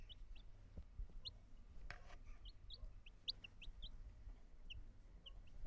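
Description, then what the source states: Chicken chicks giving short, high peeps, scattered irregularly throughout, over a low steady rumble with an occasional soft knock. Small chickens.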